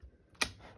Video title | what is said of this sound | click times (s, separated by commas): How to install SSD in Lenovo G510 | You'll hear it'll click, like | 0.4 s